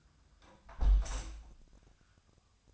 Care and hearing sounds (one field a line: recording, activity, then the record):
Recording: daily activity, microphone in the room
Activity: close window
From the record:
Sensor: 2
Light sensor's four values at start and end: 6/14/6/6 and 6/14/5/5